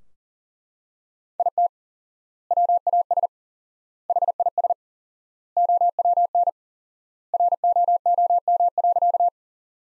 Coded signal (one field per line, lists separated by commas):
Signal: Morse code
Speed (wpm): 37 wpm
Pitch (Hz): 700 Hz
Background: none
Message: IT WAS HIS OWN ROOM.